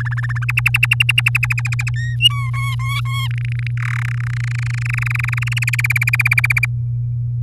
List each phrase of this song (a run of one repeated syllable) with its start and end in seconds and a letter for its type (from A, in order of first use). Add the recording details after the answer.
0.00-0.45 A, 0.48-1.90 B, 1.96-2.16 C, 2.20-2.50 D, 2.53-3.28 E, 3.31-3.71 F, 3.77-4.06 G, 4.08-5.59 H, 5.62-6.66 I. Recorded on 6 May 2018 at 05:38. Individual llb16